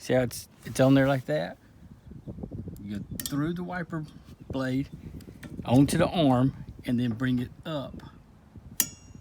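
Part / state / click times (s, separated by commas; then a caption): wiper blade onto wiper arm hook / seated / 8.8 s. A conventional wiper blade is slid onto the hook of a wiper arm and brought up while someone talks. A short, sharp click is heard at 8.8 seconds as the blade snaps into place on the arm hook, and it is seated.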